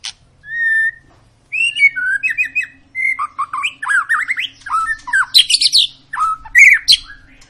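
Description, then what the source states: White-rumped shama song opening with a lone pure whistle, then building into a dense flow of looping whistled phrases, rapid slurs and high chirps. Long lure recording (pancingan) of a shama singing vigorously (gacor), used to prompt other birds to sing.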